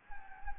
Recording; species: mosquito wingbeat signal from an infrared sensor; Anopheles gambiae